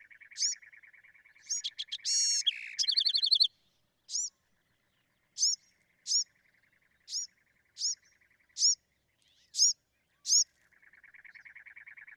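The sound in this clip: Bewick's wren: a buzzy trill and a complex burst of notes and trills, then several sharp, slurred high notes, and a buzzy trill again at the end.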